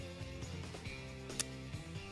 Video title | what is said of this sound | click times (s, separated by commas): UNBOXING B-103 SCREW TRIDENT BOOSTER | First click. It's pretty big, but it's pretty loose. | 1.4 s